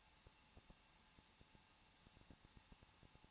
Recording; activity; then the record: daily activity, microphone in the room; no activity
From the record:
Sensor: 1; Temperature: 20.1 degrees Celsius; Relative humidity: 39.1%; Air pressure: 1006.4 hPa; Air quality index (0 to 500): 216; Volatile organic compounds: 74 ppm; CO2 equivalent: 3552 ppm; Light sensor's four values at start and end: 1/2/1/1 and 1/2/1/1